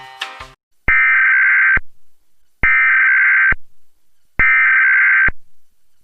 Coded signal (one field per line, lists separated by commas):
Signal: Emergency Alert System (SAME) tones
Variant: header bursts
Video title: EAS Reenactment Mock: 2006 Tornado Warning for Laredo, TX with Live Voice